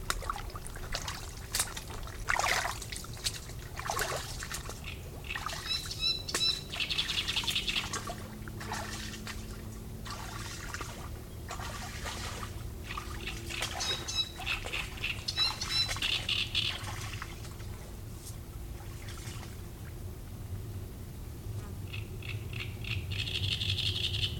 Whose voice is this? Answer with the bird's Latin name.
Acrocephalus arundinaceus